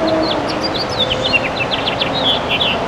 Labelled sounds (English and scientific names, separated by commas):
House Finch (Haemorhous mexicanus) song